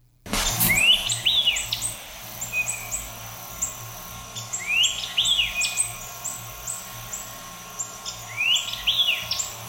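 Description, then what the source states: White-eyed Vireo song: a loud, snappy phrase of sharp rising and falling notes, repeated about every four seconds, with faint high chips behind. Listener-submitted recording; dominant singer; very loud, common songster throughout the eastern U.S., especially the southeast.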